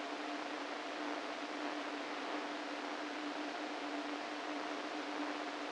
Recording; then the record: brain microelectrode recording played as sound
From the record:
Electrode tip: inside the subthalamic nucleus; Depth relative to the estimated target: 1 mm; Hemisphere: right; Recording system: NeuroSet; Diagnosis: Parkinson's disease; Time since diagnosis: 13 years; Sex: male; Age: 49 years